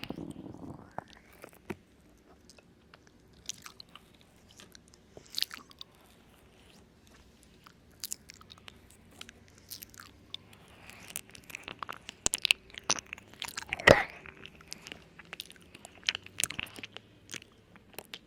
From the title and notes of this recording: ASMR Halloween Ear Noms.